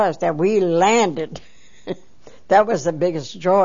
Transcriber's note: she laughs